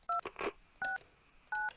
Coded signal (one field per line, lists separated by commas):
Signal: DTMF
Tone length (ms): 160 ms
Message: 269